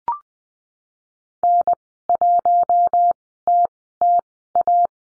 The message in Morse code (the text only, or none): N1TTA